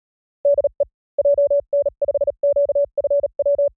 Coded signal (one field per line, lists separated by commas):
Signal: Morse code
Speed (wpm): 38 wpm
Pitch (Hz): 570 Hz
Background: none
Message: DE JN5QFW